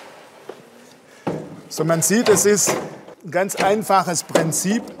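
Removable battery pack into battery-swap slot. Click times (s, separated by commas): 1.3 s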